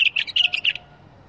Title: اجمل تغريد بلبل بدون اخطاء بلبل طور